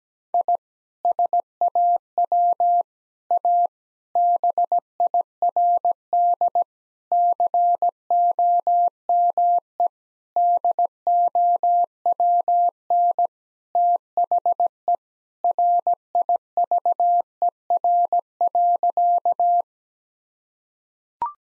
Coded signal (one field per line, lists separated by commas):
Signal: Morse code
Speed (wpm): 17 wpm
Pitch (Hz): 700 Hz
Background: none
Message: I SAW A BIRD COME DOWN THE RIVER.